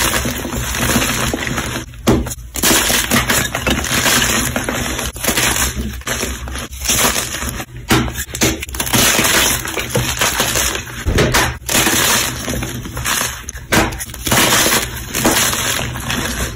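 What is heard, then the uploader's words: A dense run of crushing and breaking, with glass-like cracks and crunches packed almost continuously across the clip. Brief dips near 2, 6, 8 and 11 seconds break up the grinding texture, and a steady low hum sits underneath throughout. Compilation of new crushes.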